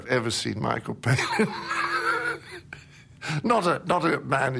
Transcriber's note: soundbite of laughter